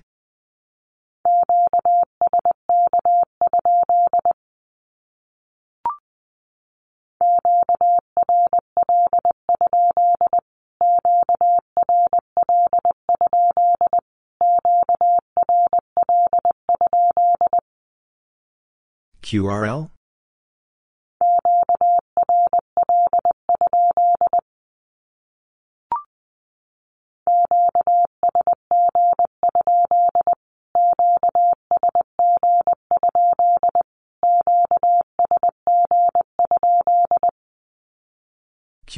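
A Q-code is sent in Morse code three times, a steady mid-pitched tone keyed into quick regular dots and dashes. Each repetition runs about eleven seconds, separated by short silences with faint clicks. Around nineteen seconds a brief rising sweep cuts in between the first and second sendings.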